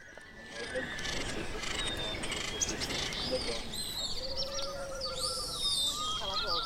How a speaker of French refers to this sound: Mais oui, effectivement, il y a des petits sons d'oiseaux, des fois, des clins d'œil dans beaucoup de pièces. Mais celle-là, c'est vraiment accentué là-dessus.